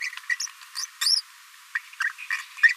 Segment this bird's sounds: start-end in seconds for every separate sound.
0.00-0.09, 0.29-0.35, 0.40-0.46, 1.01-1.22, 1.75-1.78, 2.00-2.04, 2.04-2.09, 2.63-2.68